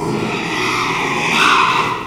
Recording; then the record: squeal of a Yucatan mini pig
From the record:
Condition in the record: after surgery on the right vocal fold (resection and tissue-engineered implant); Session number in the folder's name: 1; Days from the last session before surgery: 6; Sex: male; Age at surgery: 12 weeks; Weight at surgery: 13 kg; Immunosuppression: cyclosporine, prednisolone